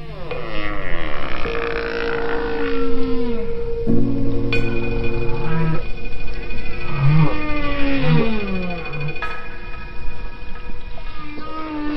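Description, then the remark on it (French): Humpback whale song: layered moans, sweeping tonal whoops and low grunting units rise and fall in slow phrases, with sharp high squeaks now and then over a steady underwater rumble. “Prouvant par là que les baleines s'écoutent, s'influencent et prêtent une oreille attentive aux mélodies de leurs voisines baleines à bosse, si éloignées soient-elles.”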